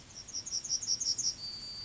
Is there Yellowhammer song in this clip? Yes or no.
yes